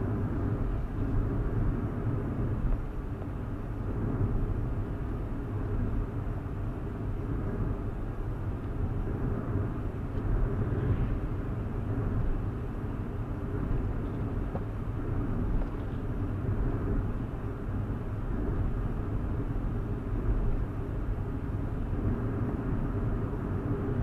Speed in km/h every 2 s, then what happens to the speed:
68, 66, 68, 68, 68, 72, 69, 69, 69, 69, 71, 71.
0-24 steady at about 69.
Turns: none.